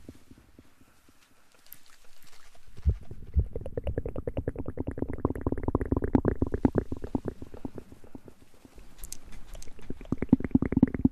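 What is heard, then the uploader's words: Mouth sounds come in a fast run of wet clicks and smacks, starting quietly and building from about three seconds into a dense, regular patter through the middle. The clicks thin out near nine seconds, then return strongly with some brighter crackles toward the end. ASMR Mouth Sounds & Ear Play.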